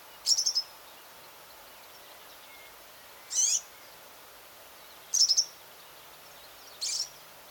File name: csicsorke hangja